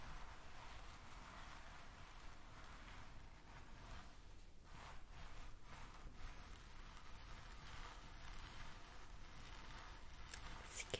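Steady hair brushing and scalp rubbing with a dense, scratchy texture and a soft low rumble underneath. Around the middle, quicker strokes come through as brief brighter swishes, then the rubbing settles back to an even, continuous hiss.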